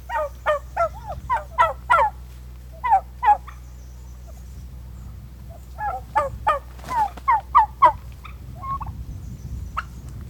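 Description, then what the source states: Turkeys gobbling in repeated bursts, with a pause in the middle, over a low steady hum. Several turkeys.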